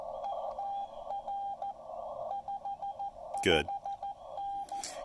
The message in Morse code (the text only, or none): E TR 55N